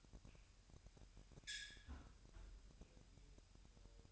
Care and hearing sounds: daily activity, microphone in the room; close fridge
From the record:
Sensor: 2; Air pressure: 1001.8 hPa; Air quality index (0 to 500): 248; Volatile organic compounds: 39 ppm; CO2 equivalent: 3124 ppm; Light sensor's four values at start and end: 8/28/11/10 and 8/28/11/10

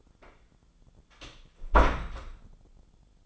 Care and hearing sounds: daily activity, microphone in the room; close door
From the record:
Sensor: 5

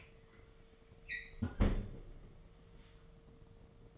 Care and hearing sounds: daily activity, microphone in the room; close fridge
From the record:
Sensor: 4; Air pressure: 1015.9 hPa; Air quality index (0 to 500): 190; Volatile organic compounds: 9 ppm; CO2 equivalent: 2197 ppm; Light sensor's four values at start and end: 13/28/12/13 and 17/39/16/18

